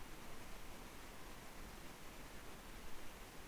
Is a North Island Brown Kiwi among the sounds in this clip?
no